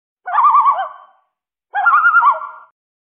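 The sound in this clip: Loon giving two quavering, wavering calls, each lasting about a second and separated by a short pause, with a rapid warble around a steady pitch; no other sounds.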